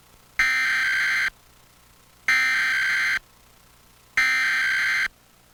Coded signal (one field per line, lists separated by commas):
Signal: Emergency Alert System (SAME) tones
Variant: header bursts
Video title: EAS: Pennsylvania Required Monthly Tests (12/19/19)(EAS #234-238)